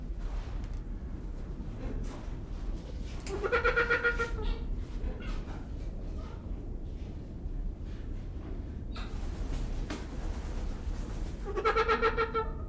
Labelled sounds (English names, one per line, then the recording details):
Trumpeter Hornbill
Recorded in captivity
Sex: male
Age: adult
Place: Zoo Berlin, Berlin, DE
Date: 1995-02-04 11:40
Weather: bedeckt, 4°C, Wind
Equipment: Marantz CP 430, Sennheiser ME 80, Kopie Uher Variocord 263
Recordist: Tembrock, Günter